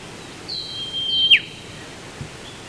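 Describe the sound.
Whipbird call: one long, steady whistled note ending in a sudden sharp downward crack, over background noise.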